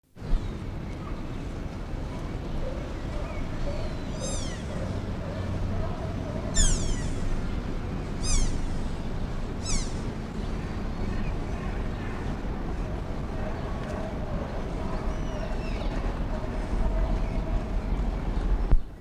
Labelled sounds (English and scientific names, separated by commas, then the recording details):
Sika Deer (Cervus nippon) call
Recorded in captivity
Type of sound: call
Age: juvenile
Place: Zoo Berlin, Berlin, DE
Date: 1959-06-12 17:30
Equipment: Reporter (Vollspur)
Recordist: Tembrock, Günter
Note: Rufe